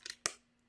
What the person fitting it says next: there is a click there do you hear it this has a mini magnet to keep this card closed